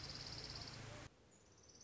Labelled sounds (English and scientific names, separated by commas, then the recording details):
Orange-crowned Warbler (Leiothlypis celata)
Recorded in Sonoma County, California